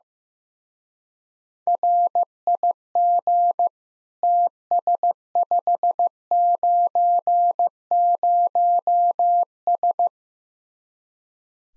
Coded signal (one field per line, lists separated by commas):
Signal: Morse code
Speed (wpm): 15 wpm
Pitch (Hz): 700 Hz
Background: none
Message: RIG TS590S